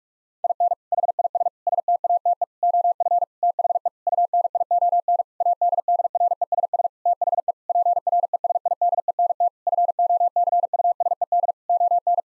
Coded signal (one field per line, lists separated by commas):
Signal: Morse code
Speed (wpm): 41 wpm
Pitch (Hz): 700 Hz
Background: none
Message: IN HIS STATE OF THE UNION ADDRESS THE PRESIDENT FOCUSED ON